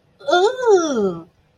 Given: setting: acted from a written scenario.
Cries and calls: vocal sound without words; disgust

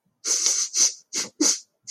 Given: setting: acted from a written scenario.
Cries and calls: vocal sound without words; sadness

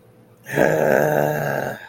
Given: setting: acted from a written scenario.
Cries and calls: vocal sound without words; anger

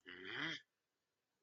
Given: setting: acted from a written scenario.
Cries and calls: vocal sound without words; anger

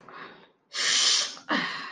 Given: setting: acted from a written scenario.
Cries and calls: vocal sound without words; pain

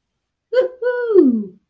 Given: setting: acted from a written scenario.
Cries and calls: vocal sound without words; triumph

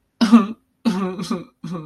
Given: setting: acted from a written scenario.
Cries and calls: vocal sound without words; sadness

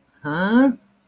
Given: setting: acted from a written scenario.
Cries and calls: vocal sound without words; confusion

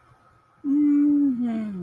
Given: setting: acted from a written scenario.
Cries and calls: vocal sound without words; serenity

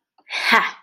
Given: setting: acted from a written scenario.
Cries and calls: vocal sound without words; triumph

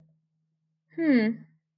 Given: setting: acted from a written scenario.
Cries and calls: vocal sound without words; confusion

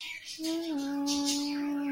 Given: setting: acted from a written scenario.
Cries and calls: vocal sound without words; romantic love

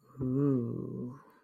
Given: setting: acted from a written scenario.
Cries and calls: vocal sound without words; romantic love

